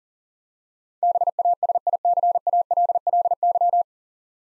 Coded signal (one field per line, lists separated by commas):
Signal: Morse code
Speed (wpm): 40 wpm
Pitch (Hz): 700 Hz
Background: none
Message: BASICALLY